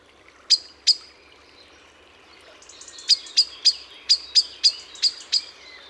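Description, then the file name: Eurasian blackbird calls: two isolated sharp chinks, then a steady run of about eight quick metallic notes, over faint background hiss. "Turdus merula"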